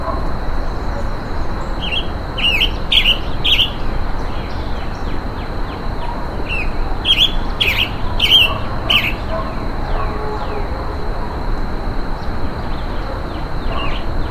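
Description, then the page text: Roadside hawk repeating harsh, slurred screams in loose bursts over a continuous high insect buzz. Calls given while being mobbed, in humid tropical forest. "Calls of a Roadside Hawk as it is being mobbed in humid tropical forest."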